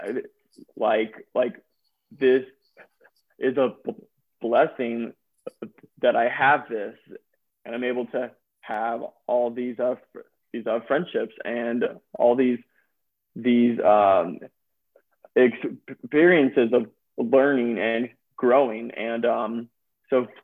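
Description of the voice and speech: Adult male speech with word and part-word repetitions, prolonged sounds and frequent pauses, typical of stuttering, from a speaker who stutters and received speech therapy growing up.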